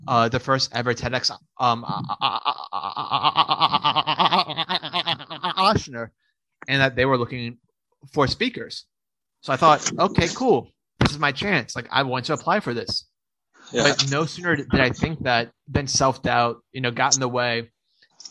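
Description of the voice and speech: An adult man from New Orleans who stutters, and who speaks publicly on the topic of stuttering, talks conversationally with many pauses. Early on he holds one voiced sound for about four seconds before speech resumes, a long prolongation or block typical of stuttering. The rest of his speech is mostly fluent, with brief hesitations and fillers.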